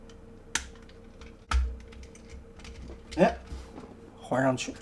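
Two plastic clips are fastened between the green and dark-green plastic body panels of a transforming toy. Two sharp clicks are heard at 0.6 s and 1.5 s as both clips snap home and seat. Someone then talks briefly.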